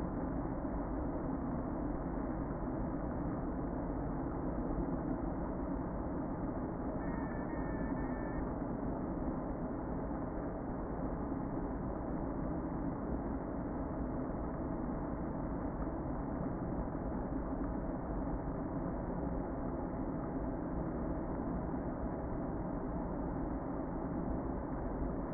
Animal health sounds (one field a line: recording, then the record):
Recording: honeybee colony, microphone inside the hive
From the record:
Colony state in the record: queen present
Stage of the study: before two queens were removed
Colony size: about 60,000 bees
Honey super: yes